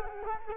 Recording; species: mosquito wingbeat signal from an infrared sensor; Culex quinquefasciatus